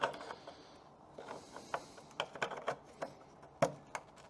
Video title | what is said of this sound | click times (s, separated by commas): R&R rear tail light assembly, BLIS/BLIND SPOT INFORMATION SYSTEM on 2024 ford f350 7.3L gasoline | and I heard it click, and I just do a backwards tug test on it. | 3.6 s